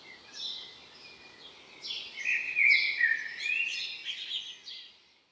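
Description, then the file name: Common blackbird calls: a cluster of chirping and whistled notes swells in the middle and fades near the end, heard against steady background noise. "Turdus merula"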